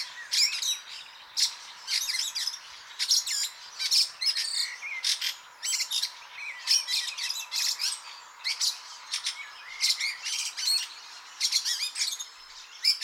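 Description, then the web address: Fieldfare song, a dense run of chattering, squeaky and buzzy notes in quick bursts, with thin whistled slurs mixed in and almost no pauses. "chant xeno-canto grive litorne"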